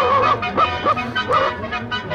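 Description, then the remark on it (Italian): Pluto, the Disney cartoon dog and Mickey Mouse's faithful companion, barks and yelps in a rapid string of goofy, honking calls, each bark bending up and down in pitch, loud and continuous with no talking. “Ecco che lo sentiamo, questo simpatico cagnolone.”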